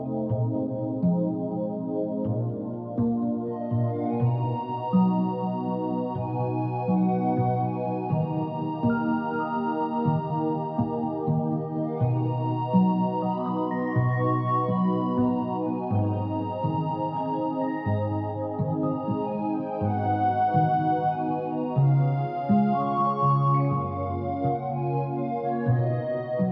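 A soundtrack piece at steady volume: deep bass notes shift every second or two beneath sustained mellow chords and a soft, higher melody.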